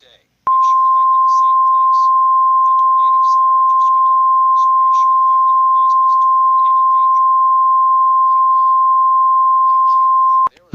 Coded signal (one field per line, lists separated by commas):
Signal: Emergency Alert System (SAME) tones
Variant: 1050 Hz attention tone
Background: speech